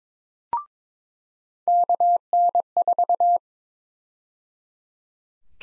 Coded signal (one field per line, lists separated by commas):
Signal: Morse code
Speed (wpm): 22 wpm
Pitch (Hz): 700 Hz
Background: none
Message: KN4